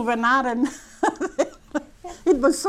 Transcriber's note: she laughs